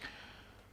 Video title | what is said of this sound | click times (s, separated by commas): Unboxing: Losi Super Rock Rey | should just clip clip clicked into place here we go like that now | 0.0 s